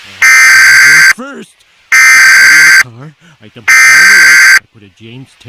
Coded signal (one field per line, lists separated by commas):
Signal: Emergency Alert System (SAME) tones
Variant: header bursts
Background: speech